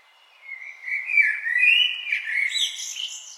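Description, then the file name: Common blackbird singing one long, mellow warbling phrase that climbs into high, scratchy twittering at the end. "Turdus merula"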